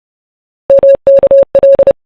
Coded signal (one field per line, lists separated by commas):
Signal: Morse code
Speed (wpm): 31 wpm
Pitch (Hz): 550 Hz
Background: none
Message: MKL